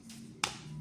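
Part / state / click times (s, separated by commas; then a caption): protective case onto smartphone / seated / 0.4 s. A protective case is fitted onto a smartphone that has a tempered glass screen protector applied. After a soft, brief rustle near 0.1 s, a single sharp snap at 0.4 s marks the case seating, and the sides sit fully in place.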